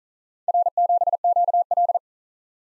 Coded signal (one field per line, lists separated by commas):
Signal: Morse code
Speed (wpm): 42 wpm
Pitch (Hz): 700 Hz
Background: none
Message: R7QL